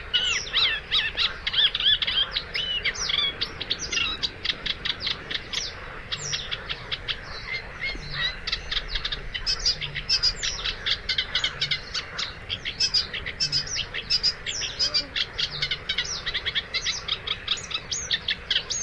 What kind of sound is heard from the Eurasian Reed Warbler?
song